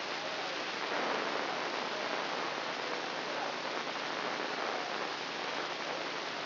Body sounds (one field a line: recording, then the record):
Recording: brain microelectrode recording played as sound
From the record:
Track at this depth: inside the subthalamic nucleus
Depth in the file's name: 4.107 mm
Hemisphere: left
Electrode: 2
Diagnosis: Parkinson's disease